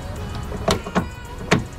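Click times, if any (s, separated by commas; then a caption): 1.5 s. A plastic under-hood fluid reservoir on a 2007-2012 Acura MDX is lined up and pushed back into its engine bay mounting bracket. Two softer knocks at about 0.7 s and 1.0 s are followed by a sharp snap at 1.5 s as its clip engages and the reservoir seats in place.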